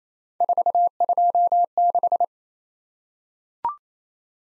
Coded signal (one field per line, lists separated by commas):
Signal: Morse code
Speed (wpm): 27 wpm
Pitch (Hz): 700 Hz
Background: none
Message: 426